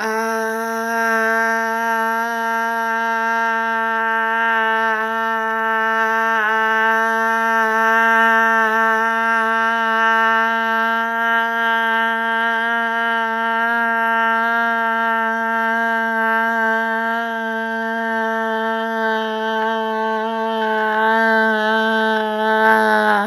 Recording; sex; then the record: sustained vowel /a/; female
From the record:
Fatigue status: fatigue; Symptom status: symptomatic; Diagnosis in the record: COVID-19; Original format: m4a